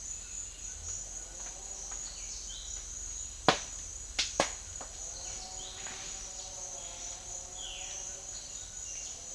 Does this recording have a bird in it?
yes